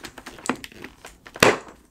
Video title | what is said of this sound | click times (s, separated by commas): SAFETY FIRST! Brake Free Helmet Light Review - CruisemansGarage.com | you just press it down until it clicks and so this is basically what it looks like | 1.4 s